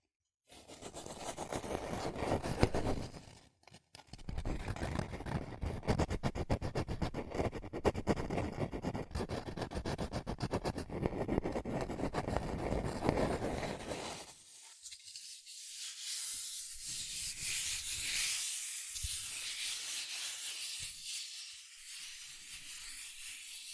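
Fast tapping and scratching on cardboard and paper fill the first fourteen seconds in a dense, rapid rhythm, broken by a brief pause near four seconds. After that the sound shifts to a lighter, hissier tracing and rubbing, thinner and higher, with occasional soft taps.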